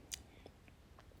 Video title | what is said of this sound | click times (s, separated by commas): Replacing bathroom exhaust fan and motor | kind of like brackets clips that pop into place okay | 0.1 s